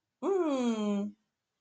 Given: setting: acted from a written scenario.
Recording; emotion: vocal sound without words; contentment